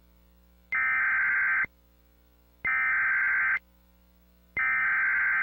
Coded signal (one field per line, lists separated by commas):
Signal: Emergency Alert System (SAME) tones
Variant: header bursts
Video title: (Credit to Everyone) Emergency Alert System Hour #3 - Civil Emergency Message In Mars - 8/5/2020